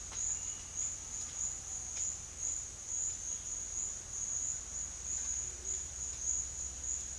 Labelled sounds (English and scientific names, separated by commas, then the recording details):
none
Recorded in secondary vegetation near Puerto Asís, Putumayo, Colombia, on 29 June 2025 at 10:30
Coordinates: 0.498, -76.327
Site GP09